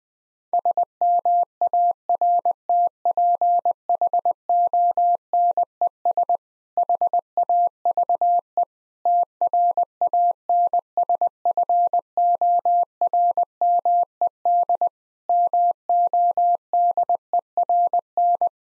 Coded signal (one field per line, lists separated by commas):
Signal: Morse code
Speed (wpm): 20 wpm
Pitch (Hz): 700 Hz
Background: none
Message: SMARTPHONES HAVE TRANSFORMED MODERN